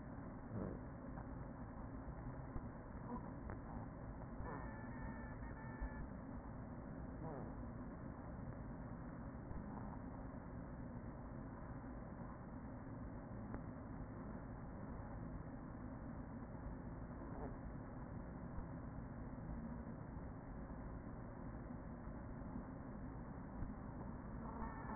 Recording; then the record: honeybee colony, microphone inside the hive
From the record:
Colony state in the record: queen present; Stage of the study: after two queens were removed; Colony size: about 40,000 bees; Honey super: no